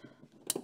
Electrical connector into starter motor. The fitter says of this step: I'm actually hit a click you can hear that click there